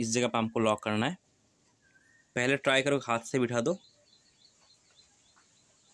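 A piston pin circlip is pressed by hand into its groove in the piston of a Pulsar 220F engine while someone talks. Quiet handling noise follows the speech, but the circlip has not seated or clicked yet.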